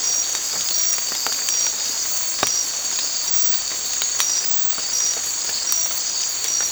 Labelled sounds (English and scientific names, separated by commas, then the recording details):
none
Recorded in secondary vegetation near Puerto Asís, Putumayo, Colombia, on 8 March 2025 at 03:00
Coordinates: 0.499, -76.323
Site G094